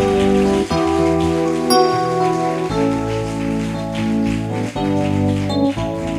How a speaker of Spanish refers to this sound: Pues sentarse, no siente los aplausos, no siente las alabanzas. Si hay más aplausos, suéltelo para Cristo. ¿Hay más aplausos?